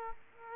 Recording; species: mosquito wingbeat signal from an infrared sensor; Aedes aegypti